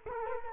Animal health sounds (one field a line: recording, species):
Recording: mosquito wingbeat signal from an infrared sensor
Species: Culex quinquefasciatus